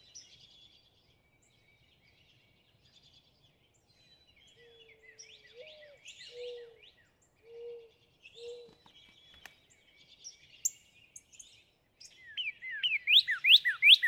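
Northern cardinal song near the end, a quick run of down-slurred whistled notes, after soft low whistles and faint chirps from other birds.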